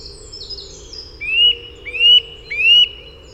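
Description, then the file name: Eurasian nuthatch calling three drawn-out whistled notes that rise and then level off, evenly spaced, with faint high twitters at the start. "Sitta europaea"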